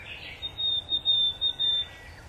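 Willow tit calls, a string of harsh buzzy notes delivered in quick rhythm, accompanied by a faint continuous high tone and light background hiss.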